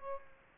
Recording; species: mosquito wingbeat signal from an infrared sensor; Aedes aegypti